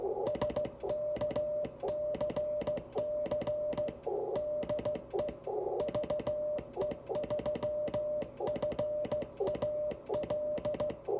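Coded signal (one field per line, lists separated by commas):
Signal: Morse code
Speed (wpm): 15 wpm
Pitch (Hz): 600 Hz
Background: none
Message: SKCC DE VE3FAL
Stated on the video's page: Calling CQ SKCC on 40m QRP at 5 W with an IC7300, Kent straight key and Windom antenna at 25 feet; no replies.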